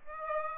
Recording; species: mosquito wingbeat signal from an infrared sensor; Aedes aegypti